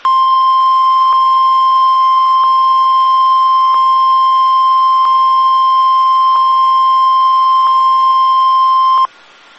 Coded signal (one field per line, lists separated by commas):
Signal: Emergency Alert System (SAME) tones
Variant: 1050 Hz attention tone